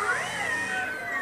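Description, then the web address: Beluga whale whistles, overlapping tonal squeals that bend up and down and hold steady, with a faint steady hiss behind. Wild belugas, called canaries of the sea. "soundswild belugas"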